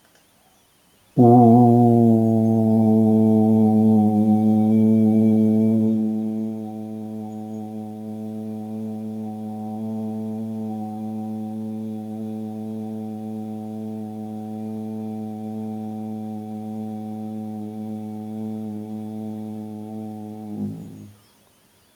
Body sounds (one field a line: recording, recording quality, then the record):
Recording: sustained vowel as in boot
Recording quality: excellent, no background noise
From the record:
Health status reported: recovered from COVID-19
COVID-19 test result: negative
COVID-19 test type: RT-PCR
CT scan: taken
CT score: 5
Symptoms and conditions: none ticked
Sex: male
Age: 49 years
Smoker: no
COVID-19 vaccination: both doses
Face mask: not worn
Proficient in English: yes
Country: India